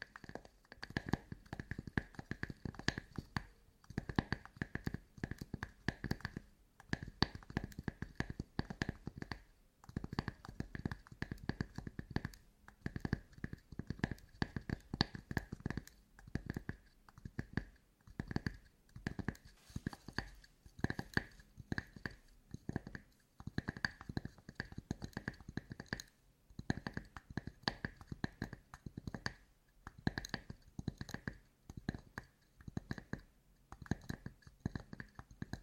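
ASMR tapping: dense, quick taps and scratchy touches run through the whole clip in uneven bursts, with brief pauses near 7, 10, 20 and 26 seconds. Each tap is crisp with a hollow low thud, and a faint steady ringing tone sits underneath.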